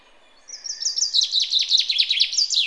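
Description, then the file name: Common chaffinch song: a brisk, accelerating series of bright notes falling in pitch, leading into a flourish, against a quiet background. "Fringilla coelebs"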